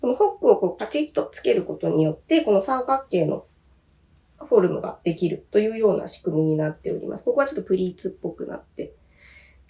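A magnetic hook clasp on a crocheted bag is fastened to form the bag's triangular tuck, closing with a loud, sharp magnetic snap at 0.8 s. Someone talks throughout, and the clasp is seated shut.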